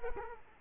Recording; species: mosquito wingbeat signal from an infrared sensor; Culex quinquefasciatus